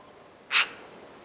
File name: Pica pica